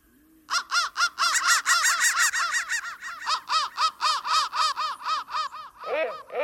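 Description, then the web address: Crow calling in a fast, fairly even run of hoarse, arched caws, with a few lower, rougher notes at the very end. "soundfactory crow"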